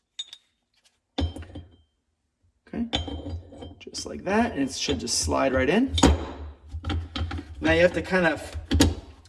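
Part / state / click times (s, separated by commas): spider gear component into a limited-slip differential carrier / seated / 8.7 s, 8.8 s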